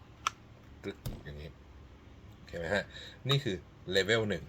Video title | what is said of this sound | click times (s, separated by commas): ซองปืนกันโดนแย่งระดับ 3 จาก BLADETECH | นะครับมันก็จะล็อคกึ๊ก | 0.3 s